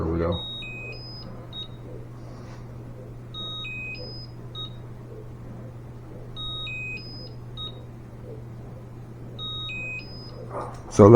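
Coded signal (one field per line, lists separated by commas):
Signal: none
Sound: timing device confirmation beeps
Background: speech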